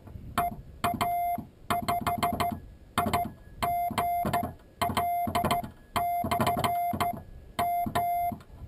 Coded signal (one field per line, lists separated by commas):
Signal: Morse code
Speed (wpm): 14 wpm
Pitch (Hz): 700 Hz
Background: music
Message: EA5IGL/M